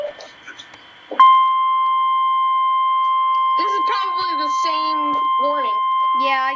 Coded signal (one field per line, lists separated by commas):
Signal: Emergency Alert System (SAME) tones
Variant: 1050 Hz attention tone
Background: speech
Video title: REAL EAS 281-Severe thunderstorm warning